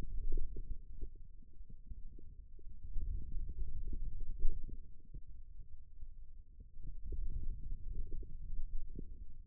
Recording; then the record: forearm muscle sounds (acoustic myography)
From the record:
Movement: finger pinch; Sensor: system 2, bracelet of six BSWA MPA416 microphones around the upper forearm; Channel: 4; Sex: male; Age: 22 years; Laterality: right